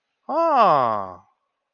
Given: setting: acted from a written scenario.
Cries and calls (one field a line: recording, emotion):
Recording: vocal sound without words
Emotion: interest